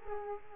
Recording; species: mosquito wingbeat signal from an infrared sensor; Culex quinquefasciatus